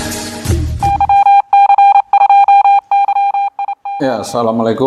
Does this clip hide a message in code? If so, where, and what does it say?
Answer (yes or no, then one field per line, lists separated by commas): no